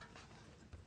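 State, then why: Not seated. A part is handled as it goes into an Epson SureColor S Series large-format printer or its stand during assembly, after the screws have been finger-tightened. Steady low handling noise is heard, with a brief low bump near 0.7 s. Nothing has seated or clicked yet.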